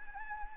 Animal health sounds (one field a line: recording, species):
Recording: mosquito wingbeat signal from an infrared sensor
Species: Anopheles arabiensis